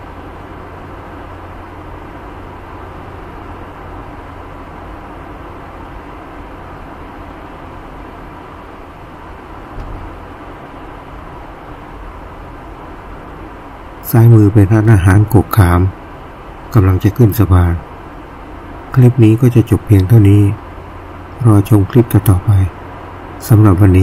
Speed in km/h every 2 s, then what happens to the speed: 62, 63, 63, 62, 62, 61, 61, 60, 60, 61, 62, 64.
0-24 steady at about 62.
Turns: none.